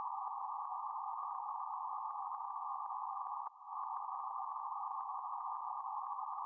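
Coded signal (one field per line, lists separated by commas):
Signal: PSK31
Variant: BPSK31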